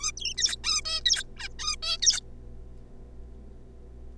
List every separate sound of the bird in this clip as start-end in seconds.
0.01-0.11, 0.17-0.34, 0.38-0.56, 0.64-0.81, 0.85-1.01, 1.05-1.23, 1.37-1.48, 1.59-1.76, 1.82-1.97, 2.02-2.20